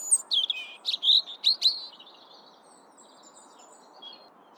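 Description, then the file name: European robin song: a quick run of high, thin whistles and sharp clicking notes for under two seconds, then fading into softer, faint warbles against a low steady background hiss. "Erithacus rubecula"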